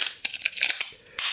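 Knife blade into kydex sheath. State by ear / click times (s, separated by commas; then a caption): seated / 0.2 s, 1.2 s. A finished knife is pushed into a tightly formed kydex (thermoplastic) sheath and snaps in with sharp, crisp clicks at about 0.3 s and 1.2 s. Softer ticks and scrapes come between them, from about 0.4 to 0.8 s. The knife seats and is retained with a firm, positive click.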